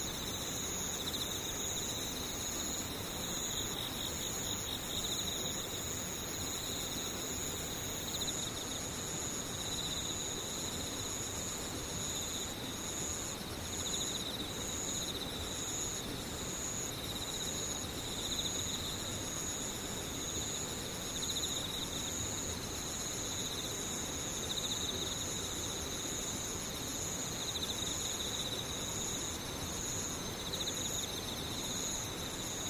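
Insects trill steadily throughout, with a bright, continuous high-pitched buzzing layered in several thin bands and a faint pulsing rhythm. Beneath them sits a low, even rumble, unchanging for the whole half minute.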